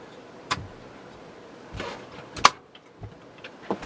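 After being realigned from one pin off, an IC chip is pressed into its socket on a Commodore Plus 4 computer board. Quiet handling bumps lead up to a sharp, loud hit at 2.5 s as the chip presses home, followed by a few softer taps. The chip is seated with all pins in.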